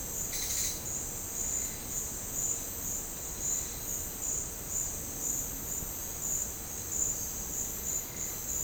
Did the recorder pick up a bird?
no